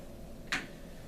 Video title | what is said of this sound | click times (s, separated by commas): Hoyer Lift | this on the other side like this click into place | 0.5 s